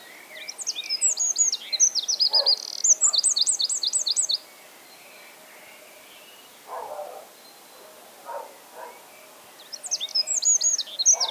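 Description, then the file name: Eurasian wren song: loud rapid bursts of high trills and chattering notes, about four seconds long, then a quiet gap with faint lower calls before the song starts again. "Troglodytes troglodytes"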